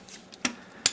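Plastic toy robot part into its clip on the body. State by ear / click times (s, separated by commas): seated / 0.9 s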